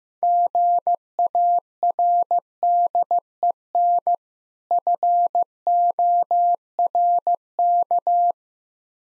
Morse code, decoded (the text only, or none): GARDEN FORK